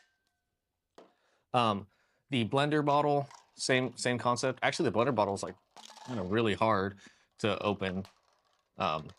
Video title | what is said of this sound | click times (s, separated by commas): BOLDE Bottle Unboxing, Overview and Thoughts | but you can you know the nice click | 1.0 s